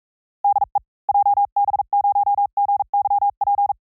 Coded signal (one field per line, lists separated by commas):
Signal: Morse code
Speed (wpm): 44 wpm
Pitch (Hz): 810 Hz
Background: none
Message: DE JB0GYP